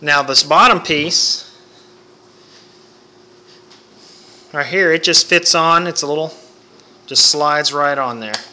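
Someone talks while handling the bottom plastic piece of an OtterBox Defender series iPad case, sliding it onto the tablet case shell, with a quiet stretch of faint steady hum between the bursts of speech. Nothing has seated or clicked yet; the piece is not yet home.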